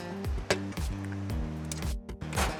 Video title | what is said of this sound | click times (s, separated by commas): Why Bike Mechanics LOVE Threaded Bottom Brackets - Inside TPC - TPC | Crank that down until you hear the click | 0.5 s